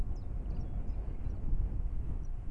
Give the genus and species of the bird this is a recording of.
Phylloscopus collybita